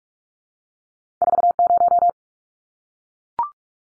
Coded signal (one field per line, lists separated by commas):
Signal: Morse code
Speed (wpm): 44 wpm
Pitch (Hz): 700 Hz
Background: none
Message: 40